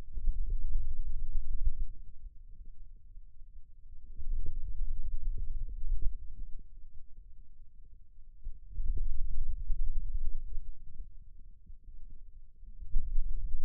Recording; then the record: forearm muscle sounds (acoustic myography)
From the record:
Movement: finger pinch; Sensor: system 2, bracelet of six BSWA MPA416 microphones around the upper forearm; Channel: 1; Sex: male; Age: 22 years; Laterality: right